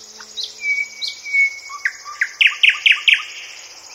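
Thrush nightingale song: two long pure whistles followed by a series of about six loud, sharp repeated notes; a high steady hiss runs throughout.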